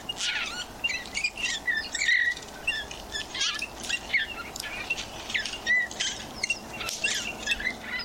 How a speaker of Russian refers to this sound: Вот песня снегиря, кстати, звучит совершенно по-другому. Это такой грустный-грустный свист, и очень хочется птичку пожалеть сразу.